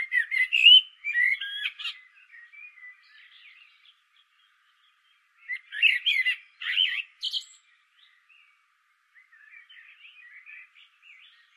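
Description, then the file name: Common blackbird song: a fluted, warbling phrase ending in squeaky notes, silence, then a second burst followed by soft, quiet twittering. "Turdus merula"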